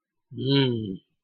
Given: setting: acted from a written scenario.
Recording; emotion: vocal sound without words; desire